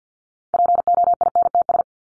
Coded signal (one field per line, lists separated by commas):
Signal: Morse code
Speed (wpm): 48 wpm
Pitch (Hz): 700 Hz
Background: none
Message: POINTS